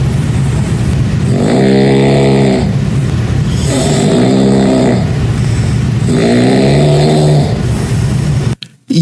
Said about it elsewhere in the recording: Let's listen to you snoring and waking me up. I walked to several points of the room just to get away from the sound, but obviously the sound was just as loud, if not louder. It sounds like a jackhammer. It sounds like a electric saw.